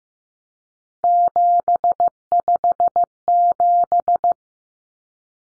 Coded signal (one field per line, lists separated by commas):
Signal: Morse code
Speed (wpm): 15 wpm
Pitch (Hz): 700 Hz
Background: none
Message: 757